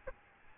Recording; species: mosquito wingbeat signal from an infrared sensor; Aedes albopictus